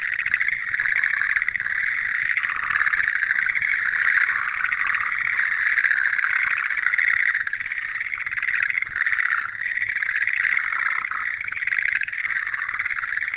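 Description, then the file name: Chorus of frogs, dense pulsing calls running continuously, the trilling mass waxing and waning slightly over the span. "kaeru"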